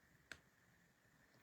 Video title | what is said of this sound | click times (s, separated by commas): Transformation Necklace 09 18 2025 Irina Miech Designs Eclectica Beads | Okay, so you heard that click. You may even have heard it twice. | 0.3 s